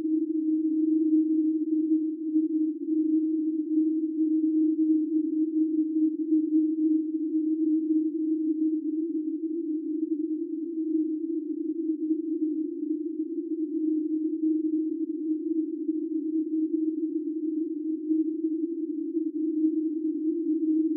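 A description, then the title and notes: A conspicuous tone of about 315 hertz holds steady for the full twenty-one seconds, a narrow, slightly rough mid-low hum with no other sounds. Its loudness stays nearly constant, wavering only a little throughout. A conspicuous tone with a frequency of about 315 hertz.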